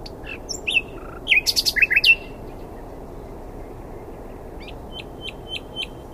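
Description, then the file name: Nightingale giving a burst of varied squeaky and chirping notes, then after a pause a quieter row of short repeated notes. "Luscinia megarhynchos"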